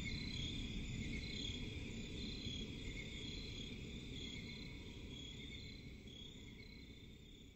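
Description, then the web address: Steady high cricket trills in several layers, gradually growing quieter toward the end, over a soft low rumble. Crickets in a forest at night, presented as relaxing ambience. "Forest and crickets at night. صدای-آرامبخش-جنگل-و-جیرجیرک"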